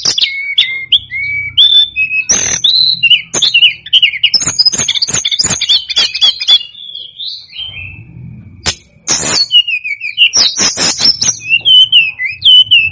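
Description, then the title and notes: Tledekan gunung singing rapid high slurred whistles and dry ticking notes in bursts, with short pauses and a faint low hum in places. Master recording used for training cage birds. "Masteran Tledekan Gunung Sikatan Gunung 1. BURUNG TLEDEKAN"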